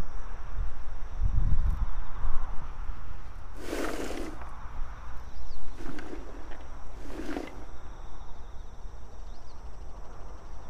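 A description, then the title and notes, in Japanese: Garlic being planted outdoors while insects and birds call, with a faint steady hum of passing traffic underneath. A low thud lands near the start, then three short scraping rustles of soil come at about four, six and seven seconds. 秋の、日が暮れ始めた16時過ぎ、ニンニクの定植。台風が南遠くから近づいてきている。曇り空の空気の少し重たい夕暮れ。穴あきマルチに棒で穴を開け、1片ずつニンニクを入れたあと、土をかけていく。虫や鳥が鳴き、遠くで車が行き交い電車が時折通る。秋の夕方 ニンニクの定植。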